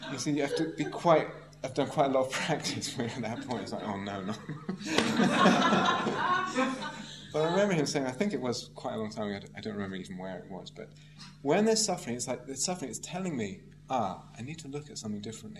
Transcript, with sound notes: You see, you have to be quite -- have done quite a lot of practice, for him, at that point. It's like, "Oh, no." [laughter] But I remember him saying that, I think it was quite a long time ago. I don't remember even where it was. But when there's suffering, it's like, the suffering, it's telling me, "Ah, I need to look at something differently.